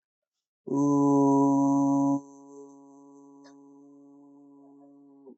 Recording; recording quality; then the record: sustained vowel as in boot; poor, much background noise or distortion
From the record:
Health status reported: healthy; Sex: male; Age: 31 years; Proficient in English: yes